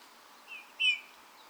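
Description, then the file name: Eurasian bullfinch giving a short soft piping call, a faint note followed by a clearer descending whistle, over quiet background hiss. "Pyrrhula pyrrhula"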